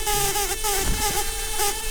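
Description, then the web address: Brown-banded carder bee buzzing, a steady low hum with strong overtones that wavers slightly without pause. Queens. "Humilis queens"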